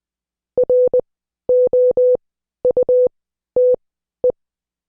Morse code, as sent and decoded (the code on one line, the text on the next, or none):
.-. --- ..- - .
ROUTE